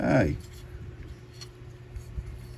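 Someone talks briefly at the start while trying to fit a wire circlip into the piston pin groove of a Stihl 070, followed by faint, quiet handling sounds. The circlip has not seated yet, and no click is heard.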